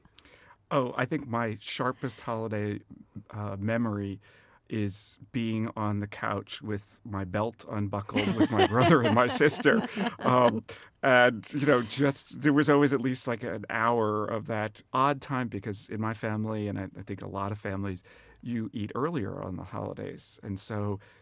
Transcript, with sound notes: Oh, I think my sharpest holiday memory is being on the couch with my belt unbuckled with my brother and my sister.
(LAUGHTER)
And, you know, just, it was always at least an hour of that odd time, because in my family, and I think a lot of families, even earlier on the holidays.